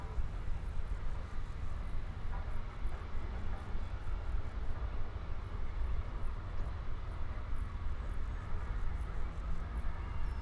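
A steam train sits at a country station, its deep rumble holding steady and dense for the whole stretch with no clear stops or surges. Faint, regular high ticks recur about twice a second, and a soft murmur like voices runs underneath.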